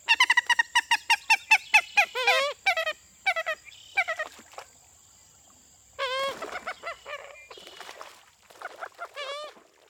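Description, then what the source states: Common Moorhen calling with a fast run of nasal, clucking notes, then bursts of harsher downslurred calls, pausing and resuming twice. Two pairs of common moorhens squabbling, nasal calls and laugh-like outbursts the recordist believes relate to territorial aggression; Lacassine Pool, southern coastal marsh; replayed from earlier recording.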